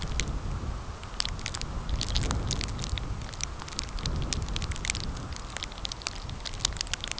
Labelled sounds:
none
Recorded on Arctic tundra, site CORI-1, on 15 June 2018
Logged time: 10:00

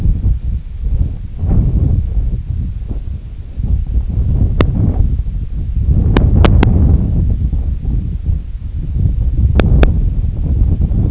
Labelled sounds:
none
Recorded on Arctic tundra, site IGLO-D, on 25 June 2018
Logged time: 06:00

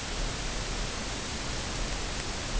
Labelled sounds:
none
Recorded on Arctic tundra, site UTQI-5, on 21 June 2018
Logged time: 14:00

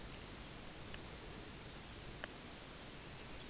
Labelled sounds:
Lapland Longspur (Calcarius lapponicus)
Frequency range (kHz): Lapland Longspur (Calcarius lapponicus) 2.1-4.5 kHz
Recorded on Arctic tundra, site UTQI-5, on 14 June 2019
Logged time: 14:00

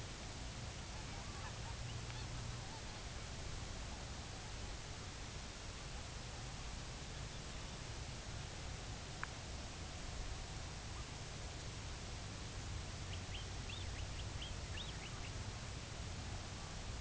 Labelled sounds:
Greater White-fronted Goose (Anser albifrons), unidentified sound, American Golden-plover (Pluvialis dominica)
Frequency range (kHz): American Golden-plover (Pluvialis dominica) 0.5-4.5 kHz
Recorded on Arctic tundra, site UTQI-2, on 16 June 2019
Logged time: 10:00

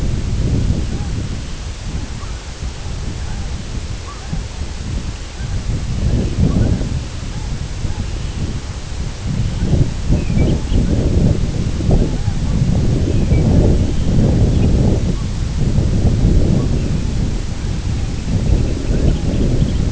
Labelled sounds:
unidentified sound, Lapland Longspur (Calcarius lapponicus), Ruddy Turnstone (Arenaria interpres)
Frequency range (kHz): Lapland Longspur (Calcarius lapponicus) 2.1-3.0 kHz; Ruddy Turnstone (Arenaria interpres) 2.2-3.8 kHz
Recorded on Arctic tundra, site IGLO-B, on 24 June 2018
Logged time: 17:59

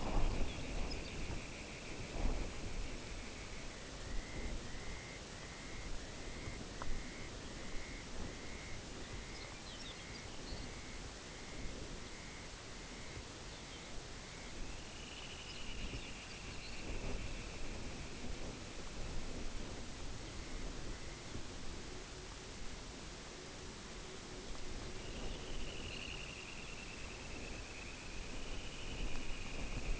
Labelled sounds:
Dunlin (Calidris alpina), unidentified sound, Pectoral Sandpiper (Calidris melanotos)
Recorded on Arctic tundra, site UTQI-0, on 14 June 2019
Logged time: 14:00

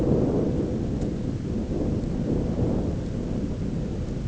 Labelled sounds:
none
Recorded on Arctic tundra, site ZACK-1, on 9 June 2019
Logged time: 17:49

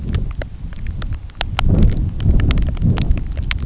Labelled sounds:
none
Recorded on Arctic tundra, site NAIT-1, on 27 June 2019
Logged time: 00:00

